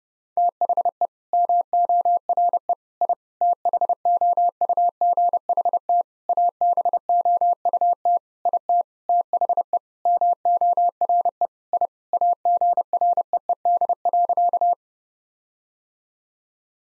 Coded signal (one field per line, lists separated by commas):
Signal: Morse code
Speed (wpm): 30 wpm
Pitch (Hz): 700 Hz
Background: none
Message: THE MORE I THOUGHT ABOUT IT THE MORE I AGREED.